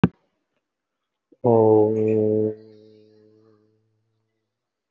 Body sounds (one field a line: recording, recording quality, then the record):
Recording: sustained vowel as in boot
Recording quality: moderate, slight background noise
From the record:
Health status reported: respiratory illness, not identified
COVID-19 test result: negative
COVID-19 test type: RT-PCR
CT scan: taken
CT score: 0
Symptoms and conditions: another respiratory illness, another condition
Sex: male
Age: 19 years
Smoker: no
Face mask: worn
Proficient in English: yes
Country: India